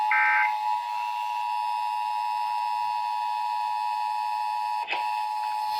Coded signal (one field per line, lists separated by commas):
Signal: Emergency Alert System (SAME) tones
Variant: 853 and 960 Hz attention tone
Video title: TORNADO DRILLS... EAS Alerts from 3/5/19 - 3/27/19 (EAS #2,084 - 2,111)